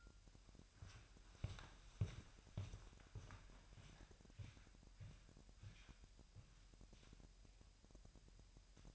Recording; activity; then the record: daily activity, microphone in the room; walk to room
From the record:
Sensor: 2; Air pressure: 1001.9 hPa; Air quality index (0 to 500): 249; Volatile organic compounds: 36 ppm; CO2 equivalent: 3084 ppm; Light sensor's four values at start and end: 5/13/5/5 and 6/13/5/5